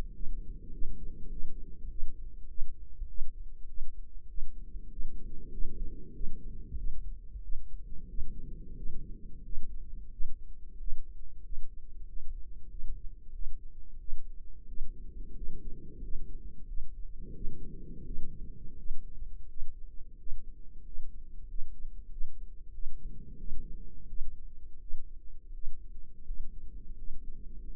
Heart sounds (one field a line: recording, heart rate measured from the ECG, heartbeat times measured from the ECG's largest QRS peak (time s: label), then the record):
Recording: heart sounds by microphone in the right ear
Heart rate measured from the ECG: 92 bpm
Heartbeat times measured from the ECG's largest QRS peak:
0.15 s: heartbeat
0.73 s: heartbeat
1.31 s: heartbeat
1.90 s: heartbeat
2.49 s: heartbeat
3.09 s: heartbeat
3.69 s: heartbeat
4.29 s: heartbeat
4.91 s: heartbeat
5.53 s: heartbeat
6.15 s: heartbeat
6.78 s: heartbeat
7.43 s: heartbeat
8.09 s: heartbeat
8.77 s: heartbeat
9.44 s: heartbeat
10.11 s: heartbeat
10.79 s: heartbeat
11.44 s: heartbeat
12.08 s: heartbeat
12.71 s: heartbeat
13.34 s: heartbeat
14.00 s: heartbeat
14.68 s: heartbeat
15.36 s: heartbeat
16.03 s: heartbeat
16.67 s: heartbeat
17.34 s: heartbeat
18.05 s: heartbeat
18.77 s: heartbeat
19.48 s: heartbeat
20.18 s: heartbeat
20.84 s: heartbeat
21.48 s: heartbeat
22.11 s: heartbeat
22.73 s: heartbeat
23.38 s: heartbeat
24.08 s: heartbeat
24.80 s: heartbeat
25.53 s: heartbeat
26.26 s: heartbeat
26.97 s: heartbeat
27.65 s: heartbeat
From the record:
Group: healthy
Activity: rest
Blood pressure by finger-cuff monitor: 131/76 mmHg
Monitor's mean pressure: 93 mmHg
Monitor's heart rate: 93 bpm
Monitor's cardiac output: 8.6 L/min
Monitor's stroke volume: 92 mL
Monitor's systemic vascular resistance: 800 dyn s/cm5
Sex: male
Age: 33 years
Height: 179 cm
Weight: 80.4 kg